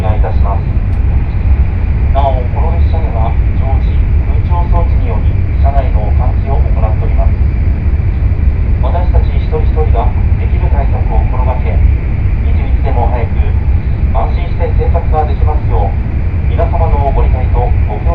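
Inside the Nishi-Kyushu Shinkansen Kamome No. 25, running from Takeo-Onsen to Nagasaki, a steady low rumble and hiss of the moving train fills the whole clip. Over it, short bursts of speech come and go every second or two throughout.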